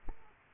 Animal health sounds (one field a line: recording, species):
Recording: mosquito wingbeat signal from an infrared sensor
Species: Aedes aegypti